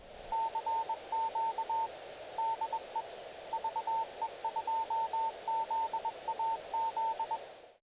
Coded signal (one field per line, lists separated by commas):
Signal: Morse code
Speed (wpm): 21 wpm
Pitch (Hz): 900 Hz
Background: radio noise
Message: CQ DE VE2ZAZ